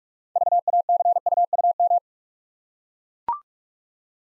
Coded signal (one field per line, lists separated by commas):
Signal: Morse code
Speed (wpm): 44 wpm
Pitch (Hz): 700 Hz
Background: none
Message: VACUUM